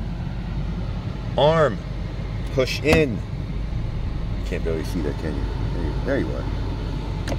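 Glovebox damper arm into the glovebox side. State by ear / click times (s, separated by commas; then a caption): seated / 7.3 s. Someone talks while the glovebox damper arm of a 2016-2022 Honda HR-V is pushed in by hand into the glovebox side during a cabin air filter replacement, over a steady low background hum. At 7.3 s the arm locks into place with a short click, seated.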